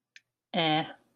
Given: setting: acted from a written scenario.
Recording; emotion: vocal sound without words; neutral